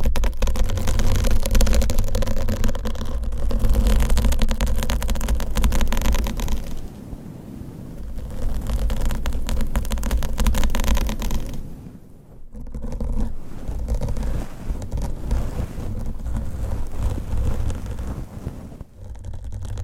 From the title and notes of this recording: ASMR Mic Scratching & Massage with XXL ULTRA LONG NAILS , Different Mic Covers & Mics No Talking.